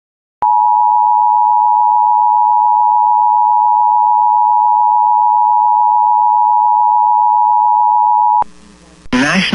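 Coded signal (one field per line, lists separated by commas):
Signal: Emergency Alert System (SAME) tones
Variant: 853 and 960 Hz attention tone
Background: speech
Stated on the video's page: Real alerts, partly from radio station audio supplied by others.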